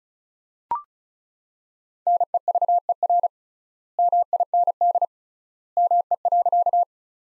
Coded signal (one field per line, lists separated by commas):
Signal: Morse code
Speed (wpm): 34 wpm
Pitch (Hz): 700 Hz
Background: none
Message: NEVER MIND ME.